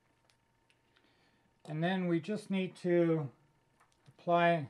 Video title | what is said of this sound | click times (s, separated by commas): Build a FPV System With Boscam | and just plugs in like that until you hear a little snap. | 0.3 s